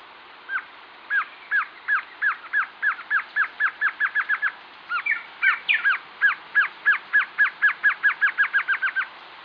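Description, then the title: Glossy antshrike calling: long runs of short, clipped notes repeated rapidly, with a brief burst of higher, overlapping notes midway through. Nominate subspecies Sakesphorus luctuosus luctuosus. "LuckyPassaro Completos2Sama. Glossy Antshrike"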